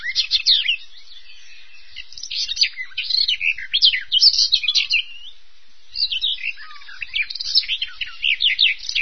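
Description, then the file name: Bird song in bursts: dense twittering and warbled notes, broken by a couple of short pauses, on an otherwise quiet background. "vogel"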